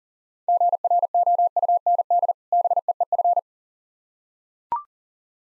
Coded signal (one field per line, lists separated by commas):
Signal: Morse code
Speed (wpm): 37 wpm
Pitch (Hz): 700 Hz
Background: none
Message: GROUND BEEF